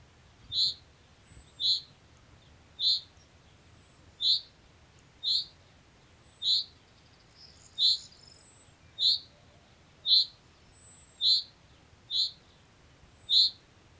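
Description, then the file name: Common chaffinch uttering a series of brief, sharp call notes, roughly one per second. "Fringilla coelebs"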